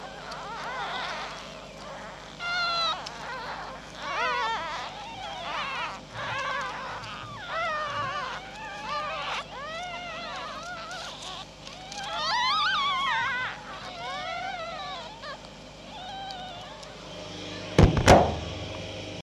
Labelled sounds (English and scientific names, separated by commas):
Red Fox (Vulpes vulpes)